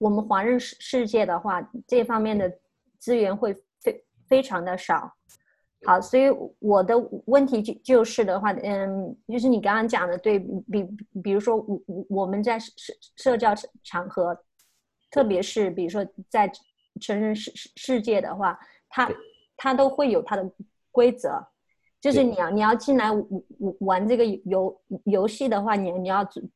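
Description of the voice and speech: An adult woman speaking Mandarin who stutters, with frequent syllable repetitions, prolonged sounds and hesitant pauses. Her stuttering is now much more severe than it was before.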